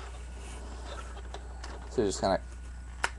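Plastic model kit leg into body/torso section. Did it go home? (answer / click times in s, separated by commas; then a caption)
yes / 3.0 s. Someone talks while pushing the plastic legs of a 1/144 HG Psycho Gundam model kit up into its body section during transformation. A single sharp click at 3.0 s marks the leg locking into place, leaving everything solid.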